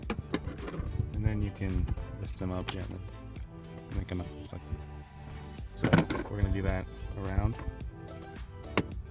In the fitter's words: so you can click and then they should just come right out